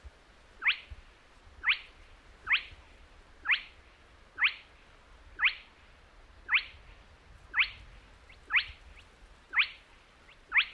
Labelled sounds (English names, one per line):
Spotted Crake